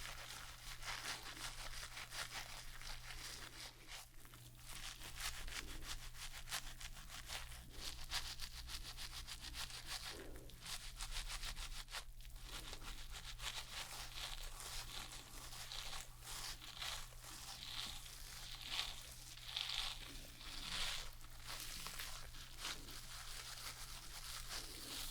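Shampoo lathering and hair brushing make dense, continuous rubbing and crinkling scratches over a steady low hum, with brief pauses near ten seconds.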